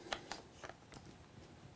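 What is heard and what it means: A push button on the front of a Pulsar Axion XM30 handheld thermal imaging monocular is pressed, and the round rechargeable battery pops out of the rear of the housing so it can be swapped. A sharp click comes at 0.1 s, followed by a few fainter clicks and rattles at about 0.3, 0.7 and 0.9 s. The battery is released.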